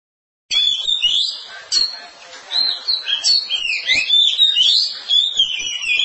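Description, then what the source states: Oriental magpie-robin singing a dense, continuous warbled stream of whistles and trills. Song of long duration.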